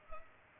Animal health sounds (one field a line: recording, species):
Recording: mosquito wingbeat signal from an infrared sensor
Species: Culex pipiens